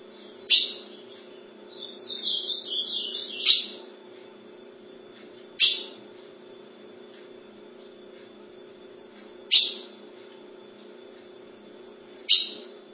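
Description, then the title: Ultramarine grosbeak song, a single brief warbling whistled phrase set among five loud sharp clicks, with a steady low background hum. "Azulao"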